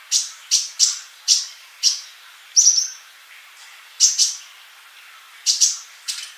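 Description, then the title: Bird calls as sharp, high chirps given singly or in pairs, with uneven gaps and a short whistled note. "Kicau Burung"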